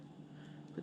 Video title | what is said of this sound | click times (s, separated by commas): My Treble Hooks Are A Mess! Als Goldfish Bonnets THE FIX! | the treble hook in they snap in place and it's just that easy so that's what I'm doing today | 0.8 s